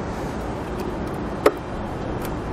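With its metal retaining tabs bent, a bulb socket from a Roadmaster Tail Light Wiring Kit is pushed into the ball-and-socket mount in the tail light housing of a 2018 Chevrolet Spark, over a steady background hum. A single sharp snap rings out at 1.5 s as the socket seats and holds itself in place.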